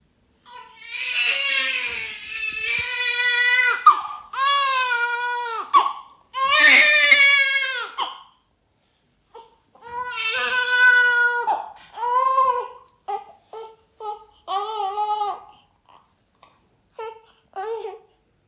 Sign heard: Newborn Baby Cry.